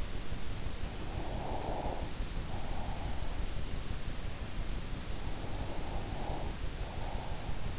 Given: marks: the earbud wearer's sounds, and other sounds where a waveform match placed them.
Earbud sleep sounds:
sounds in sleep by an in-ear microphone; breath
0.20-3.77 s: breath
5.18-7.79 s: breath

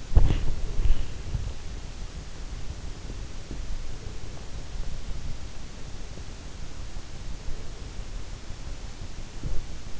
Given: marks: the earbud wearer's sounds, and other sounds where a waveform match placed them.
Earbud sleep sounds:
sounds in sleep by an in-ear microphone; body movement
0.00-1.62 s: body movement

